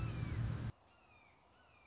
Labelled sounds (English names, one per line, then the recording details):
Red-shouldered Hawk
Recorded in Sonoma County, California